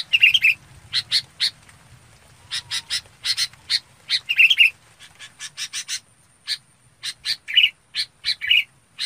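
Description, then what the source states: Red-whiskered bulbul calls, short bright chirps in quick clusters with a few richer warbled notes, repeated irregularly over a faint low hum. Calling the flock.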